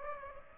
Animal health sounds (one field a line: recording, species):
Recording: mosquito wingbeat signal from an infrared sensor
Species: Aedes aegypti